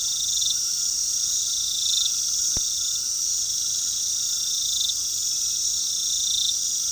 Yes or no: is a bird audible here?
no